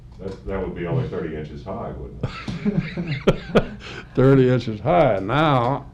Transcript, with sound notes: That, that would be only thirty inches high, wouldn’t it?
[laughs] Thirty inches high. Now,